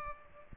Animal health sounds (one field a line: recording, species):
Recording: mosquito wingbeat signal from an infrared sensor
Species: Culex pipiens